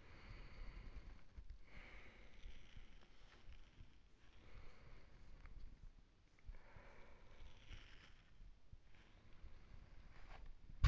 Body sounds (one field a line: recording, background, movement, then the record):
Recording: deep breathing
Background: quiet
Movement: sitting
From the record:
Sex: male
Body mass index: 20.6 kg/m2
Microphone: on the chest, facing the body